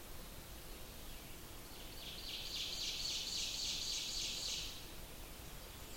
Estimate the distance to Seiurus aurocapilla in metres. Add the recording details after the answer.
about 35 m. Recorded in boreal forest in Alberta, Canada, on 20 June 2016 at 05:46. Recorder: SongMeter 3, array SBT-6-81. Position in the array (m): 121 m, 120 m. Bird 23